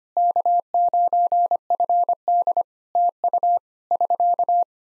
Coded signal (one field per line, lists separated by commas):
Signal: Morse code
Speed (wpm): 25 wpm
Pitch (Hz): 700 Hz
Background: none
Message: K9FD TU <SK>